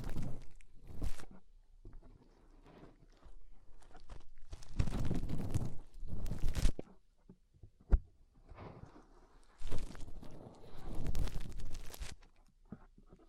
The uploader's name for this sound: Inner Ear Cleaning Using Fingers